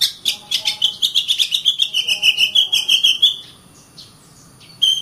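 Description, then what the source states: Oriental magpie-robin delivering a fast trill of clipped whistled notes that gradually drops in pitch, then stops; near silence with a faint high tone before a brief final note. Master recording for training birds.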